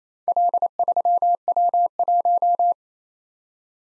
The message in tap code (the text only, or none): none